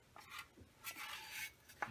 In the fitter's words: and slide it there it snaps into place